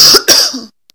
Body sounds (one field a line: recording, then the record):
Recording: coughing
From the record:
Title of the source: November cold (wet coughing)